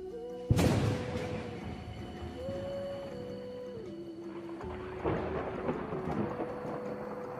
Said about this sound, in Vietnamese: Vận khí trên thương khung nổ vang, ngàn vạn đạo lôi đình nổ tung.